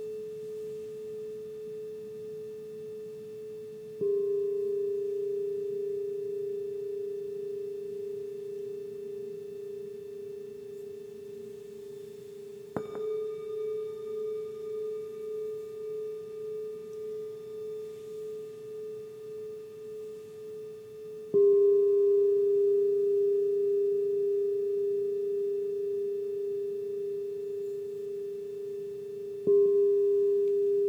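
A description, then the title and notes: Crystal and Tibetan bowls ring with a steady pure tone, struck afresh about every eight seconds, each strike swelling then slowly fading with gentle wavering. The journey is a soundscape of crystal & tibetan bowls.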